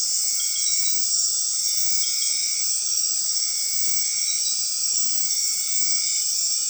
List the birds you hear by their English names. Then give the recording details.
none. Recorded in dense forest near Puerto Asís, Putumayo, Colombia, on 20 February 2024 at 23:00. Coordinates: 0.502, -76.326. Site G6460